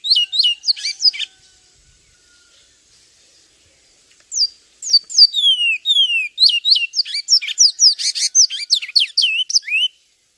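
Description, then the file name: Javan tesia singing a lively run of high, sweeping whistled notes, a short phrase, a pause of about three seconds, then a long rapid tumbling sequence. "suara burung twatwa omkicau"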